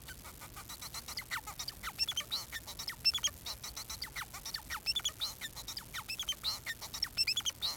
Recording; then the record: song of a male Bengalese finch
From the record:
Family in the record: son of father 4